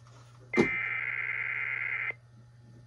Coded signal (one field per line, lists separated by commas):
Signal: Emergency Alert System (SAME) tones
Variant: header bursts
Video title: EAS 3849-3852: KDKA EAS Test + Usual Relays & Shenanigans